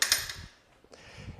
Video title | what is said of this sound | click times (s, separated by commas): Rameur AUGLETICS Eight : démonstration et analyse complète par un rameur olympique 🏆 | déclipser sur les côtés de cette façon | 0.0 s, 0.1 s